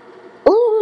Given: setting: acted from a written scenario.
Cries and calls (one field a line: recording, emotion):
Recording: vocal sound without words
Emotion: fear